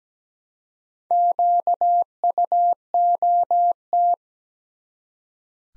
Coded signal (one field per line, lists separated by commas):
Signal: Morse code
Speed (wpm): 17 wpm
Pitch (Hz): 700 Hz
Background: none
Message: QUOT